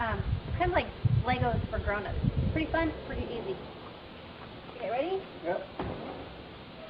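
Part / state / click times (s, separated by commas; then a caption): shed wall panel into floor tab / not seated / none. Someone talks while handling a Lifetime PVC garden shed wall panel, lining it up with its floor or corner tab, with a few soft handling bumps under the voices. The panel has not snapped in yet, and nothing has seated or clicked by the end of the clip.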